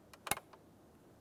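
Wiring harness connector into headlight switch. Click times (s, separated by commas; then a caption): 0.3 s. A plastic wiring harness connector is lined up and pressed into the back of a new headlight switch on a 1999-2006 Chevrolet Silverado 1500, and a tug afterwards checks that it is secured. Faint ticks at about 0.1 s and 0.3 s lead into a sharp click at 0.3 s, followed by a light tick near 0.5 s. The connector is seated.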